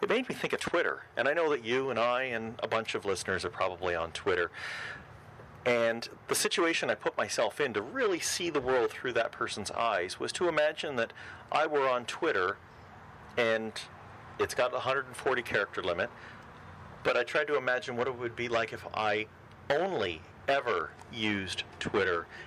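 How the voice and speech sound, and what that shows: Adult male speaker who does not stutter. Typical, fluent conversational speech.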